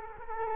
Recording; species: mosquito wingbeat signal from an infrared sensor; Culex quinquefasciatus